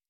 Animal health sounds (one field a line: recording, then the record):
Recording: hydrophone in a shrimp aquaculture tank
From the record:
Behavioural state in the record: stressed